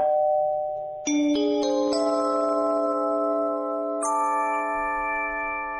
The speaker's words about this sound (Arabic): دوس على الجرس عشان سهيلة تفتح لنا. يلا دوس على الجرس.